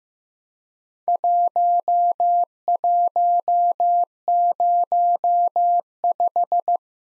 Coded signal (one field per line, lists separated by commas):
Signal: Morse code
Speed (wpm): 16 wpm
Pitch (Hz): 700 Hz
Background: none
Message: 1105